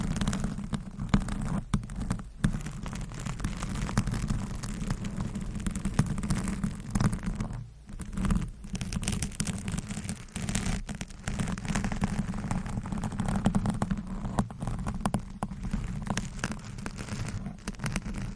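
Scratching on a microphone, a dense, continuous rough rasping with a heavy low rumble underneath and crackly grit on top. The texture stays busy throughout, broken by brief near-silent gaps around 2, 7.8 and 10 seconds, resembling steady rain.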